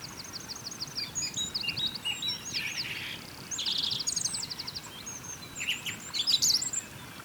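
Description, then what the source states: Several birds singing overlapping high trills and buzzy chirps over a steady low rushing noise. Birds singing beside a small river.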